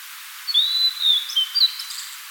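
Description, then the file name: Blue-and-white flycatcher singing one long phrase of sustained, slightly wavering whistles that run together, ending in a few sharper notes. "Cyanoptila cyanomelana"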